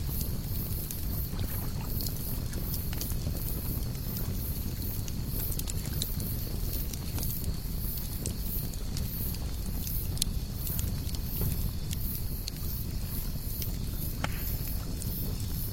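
A lakeside campfire crackles with scattered sharp pops and snaps over a steady low rumble that holds even throughout.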